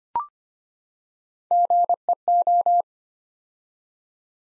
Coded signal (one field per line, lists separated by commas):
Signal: Morse code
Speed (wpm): 25 wpm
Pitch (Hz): 700 Hz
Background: none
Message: GEO